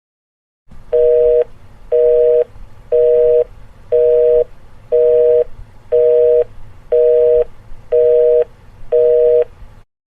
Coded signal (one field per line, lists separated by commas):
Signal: telephone call progress tone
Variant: North America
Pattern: busy tone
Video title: BEEP Sound Effects - 10 Beep SOUND EFFECTS